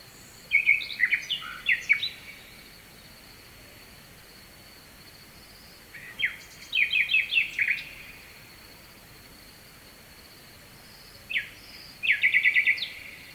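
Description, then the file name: Nightingale song in three phrases of varied sharp chirps and trills, separated by quiet stretches over a continuous soft hiss. Night song, recorded at Kovachevitsa, Bulgaria, with a distant stream. "Noshten slavej i dalechen potok (s Kovachevica)"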